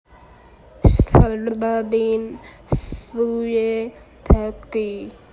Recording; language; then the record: elicited speech; Bengali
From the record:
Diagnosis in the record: Broca's or global aphasia after a stroke